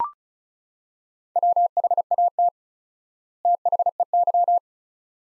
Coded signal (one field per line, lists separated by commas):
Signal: Morse code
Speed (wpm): 36 wpm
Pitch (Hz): 700 Hz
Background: none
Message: WHAT THEY